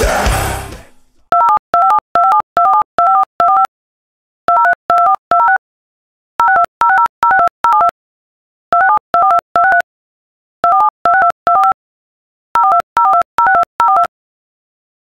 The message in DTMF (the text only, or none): 207257257247254245 20324206 062060062072 267242263 247262245 042042062042